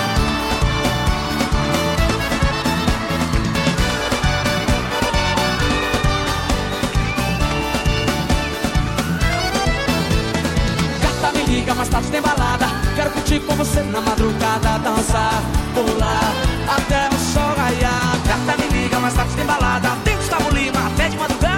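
A lively Friday night at the bowling alley, with a dense, unbroken wash of sound that stays loud from start to finish. Steady thumping low tones run underneath, music-like tones drift through, and bright sharp clacks and clatters land constantly throughout.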